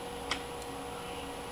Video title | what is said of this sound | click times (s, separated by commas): CHS-U ( capillary hoop stove) WITH A TWIST | and as the pot stand turns up, it locks itself inside the notch here while the springs pulls it up. | 0.3 s